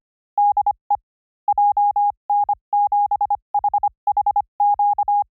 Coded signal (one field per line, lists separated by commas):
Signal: Morse code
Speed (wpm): 25 wpm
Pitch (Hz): 810 Hz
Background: none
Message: DE JN7HHQ